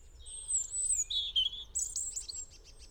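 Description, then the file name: European robin song: a phrase of very high, thin whistles that slide and waver, ending in rapid twittering notes. "Erithacus rubecula"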